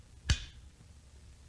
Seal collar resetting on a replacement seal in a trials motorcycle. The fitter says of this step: You'll feel it snap into place.